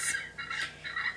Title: Arara azul